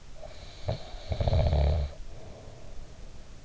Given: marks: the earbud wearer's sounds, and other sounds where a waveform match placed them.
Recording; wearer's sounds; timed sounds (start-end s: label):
sounds in sleep by an in-ear microphone; snoring breath
0.25-3.14 s: snoring breath